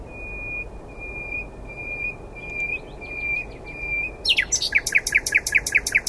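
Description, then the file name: Common nightingale song opening with slow, drawn-out pure whistles repeated on one pitch, then breaking into a loud, fast rattling trill of repeated notes. "Luscinia megarhynchos"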